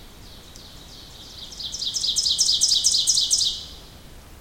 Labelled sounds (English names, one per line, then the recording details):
Ovenbird song
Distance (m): 15 m
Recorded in boreal forest in Alberta, Canada, on 2 June 2016 at 07:15
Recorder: SongMeter 3, array SBT-3-7
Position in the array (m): 45 m, 157 m
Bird 4